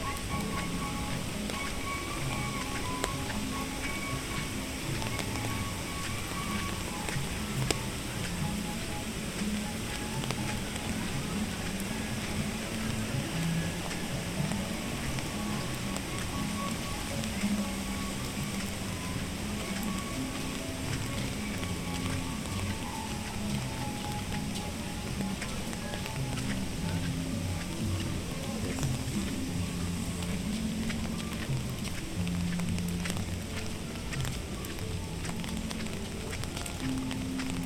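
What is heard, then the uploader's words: A walk through Animal Kingdom park at Walt Disney World, carried by a steady murmur of many voices. A constant rain-like hiss runs beneath the chatter, and the level stays even throughout, with one brief louder knock around eight seconds. Take a walk through Animal Kingdom park in Walt Disney World.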